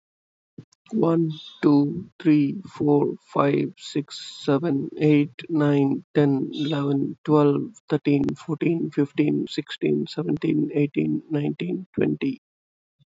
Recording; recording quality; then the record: counting at a normal pace; excellent, no background noise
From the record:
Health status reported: healthy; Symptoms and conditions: none ticked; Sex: male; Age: 35 years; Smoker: not ticked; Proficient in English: yes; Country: India